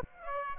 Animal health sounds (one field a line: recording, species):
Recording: mosquito wingbeat signal from an infrared sensor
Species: Aedes aegypti